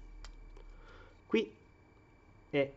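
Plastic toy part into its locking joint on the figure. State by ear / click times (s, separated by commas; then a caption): seated / 0.2 s. While transforming a Maketoys MTCM-04D Himed plastic robot figure, a plastic part is pushed forward into its locking joint on the figure and snaps into place with a sharp click at 0.2 s, followed by a fainter tick. Someone then talks as the part stays locked in place.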